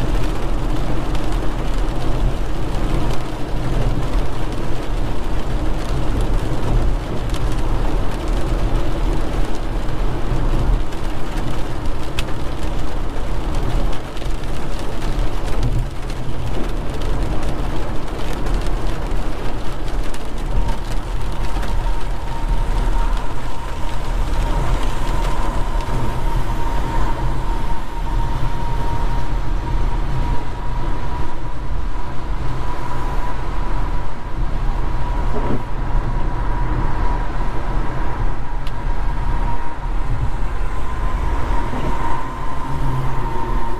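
Steady night driving in the rain, heard from inside the car: a dense, constant low road rumble with a soft hiss of water over it. From about twenty seconds a thin, steady tone rises faintly above the drone and holds to the end.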